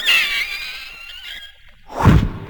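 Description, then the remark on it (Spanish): A door swings open with a long, high, wavering creak that slowly fades, followed by a short, heavy low thump as it stops. No voices. “Abren la puerta.”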